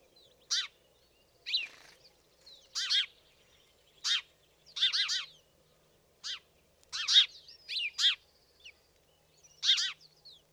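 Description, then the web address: House sparrow giving loud clipped chirps, single and in quick triplets, spaced irregularly with near silence between. "fugl g-spurv"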